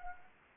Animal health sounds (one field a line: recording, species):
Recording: mosquito wingbeat signal from an infrared sensor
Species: Anopheles arabiensis